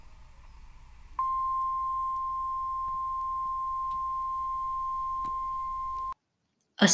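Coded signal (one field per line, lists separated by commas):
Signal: Emergency Alert System (SAME) tones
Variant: 1050 Hz attention tone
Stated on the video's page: Simulated EAS scenario.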